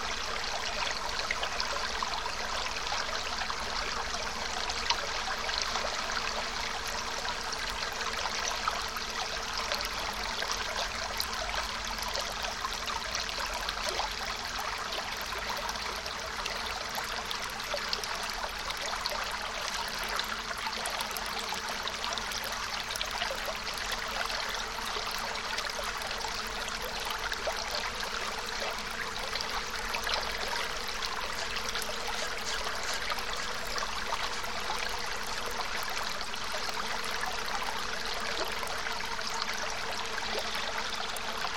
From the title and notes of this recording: The deep bass tones of the fall, the clashing ringing spray an infinite variety of small, low tones of the current gliding past the side of the Boulder Island and glinting against a thousand smaller stones down the Ferny channel. Follow the sounds of the Merced River in Yosemite National Park.